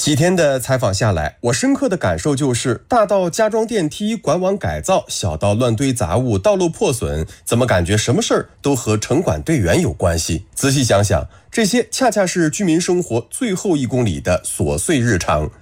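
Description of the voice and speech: Fluent Mandarin narration by one adult reporter, with clear, steady voicing and an even, brisk pace. Normal speech.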